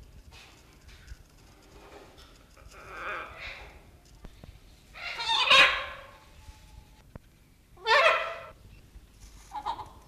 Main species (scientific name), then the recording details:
Ara chloropterus. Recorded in captivity. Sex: pair. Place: Zoo Gelsenkirchen, Nordrhein-Westfalen, DE. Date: 1971-01-30. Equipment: Halbspur, 9,5 cm/s. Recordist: Lütgens, Hans